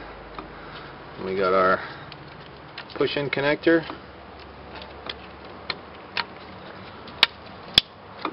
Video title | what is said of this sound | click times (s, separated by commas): Ford Superduty 220A Alternator | till it snaps that's it | 7.2 s, 7.8 s